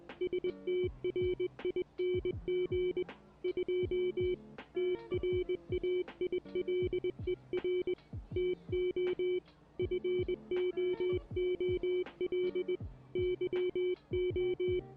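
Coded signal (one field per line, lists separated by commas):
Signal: Morse code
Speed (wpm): 20 wpm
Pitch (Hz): 360 Hz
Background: none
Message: STRING 2 TRAILER TO FOOL YO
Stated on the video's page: Morse code used as film dialogue, with characters voiced at 800 Hz, 700 Hz and 600 Hz tones.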